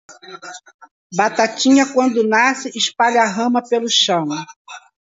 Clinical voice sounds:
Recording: short text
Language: Brazilian Portuguese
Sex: female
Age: 60 to 69 years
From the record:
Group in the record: control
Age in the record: 60 years

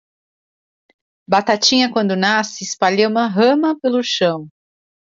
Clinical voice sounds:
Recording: short text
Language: Brazilian Portuguese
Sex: female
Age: 50 to 59 years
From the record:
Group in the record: control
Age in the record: 52 years

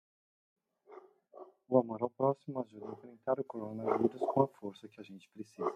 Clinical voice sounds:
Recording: spoken sentence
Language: Brazilian Portuguese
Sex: male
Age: 50 to 59 years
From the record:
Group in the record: control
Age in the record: 54 years

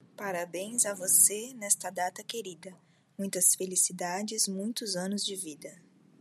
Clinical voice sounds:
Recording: short text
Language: Brazilian Portuguese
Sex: female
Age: 40 to 49 years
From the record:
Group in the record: control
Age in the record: 44 years

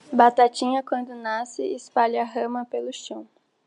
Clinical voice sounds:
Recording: short text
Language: Brazilian Portuguese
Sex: female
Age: 18 to 19 years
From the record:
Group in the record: control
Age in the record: 18 years

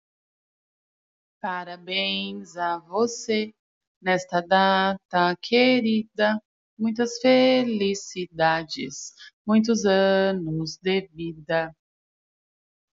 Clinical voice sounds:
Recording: short text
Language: Brazilian Portuguese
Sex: female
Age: 30 to 39 years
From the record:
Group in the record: control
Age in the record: 38 years

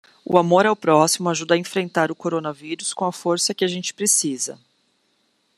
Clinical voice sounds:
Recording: spoken sentence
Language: Brazilian Portuguese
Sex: female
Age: 30 to 39 years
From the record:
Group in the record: control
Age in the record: 36 years

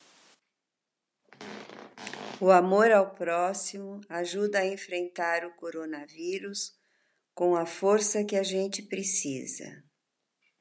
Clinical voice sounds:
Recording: spoken sentence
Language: Brazilian Portuguese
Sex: female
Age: 60 to 69 years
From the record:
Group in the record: control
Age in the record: 69 years

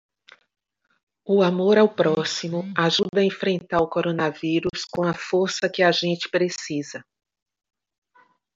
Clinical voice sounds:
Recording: spoken sentence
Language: Brazilian Portuguese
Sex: female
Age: 50 to 59 years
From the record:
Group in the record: control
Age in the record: 55 years

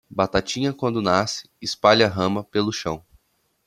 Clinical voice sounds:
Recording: short text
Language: Brazilian Portuguese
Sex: male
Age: 20 to 29 years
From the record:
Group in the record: control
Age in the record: 22 years

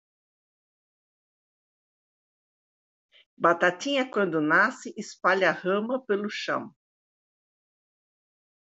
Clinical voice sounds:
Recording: short text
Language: Brazilian Portuguese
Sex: female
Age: 50 to 59 years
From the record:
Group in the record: control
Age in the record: 59 years

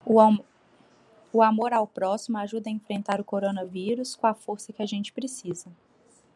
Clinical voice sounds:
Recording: spoken sentence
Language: Brazilian Portuguese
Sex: female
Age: 30 to 39 years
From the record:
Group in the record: control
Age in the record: 32 years

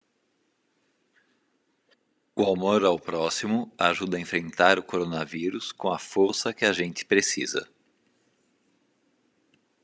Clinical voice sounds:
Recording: spoken sentence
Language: Brazilian Portuguese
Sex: male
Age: 40 to 49 years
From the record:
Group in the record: control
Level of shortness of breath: 0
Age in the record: 49 years

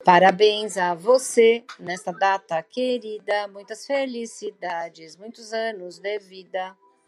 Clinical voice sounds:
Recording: short text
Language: Brazilian Portuguese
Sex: female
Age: 50 to 59 years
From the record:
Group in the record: control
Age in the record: 57 years

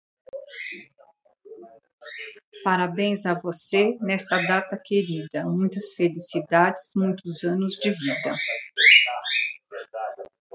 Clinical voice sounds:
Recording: short text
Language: Brazilian Portuguese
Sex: female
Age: 50 to 59 years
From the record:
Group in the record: control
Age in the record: 59 years

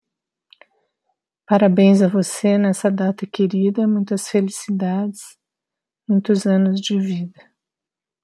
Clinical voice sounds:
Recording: short text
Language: Brazilian Portuguese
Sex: female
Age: 50 to 59 years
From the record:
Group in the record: control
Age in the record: 56 years

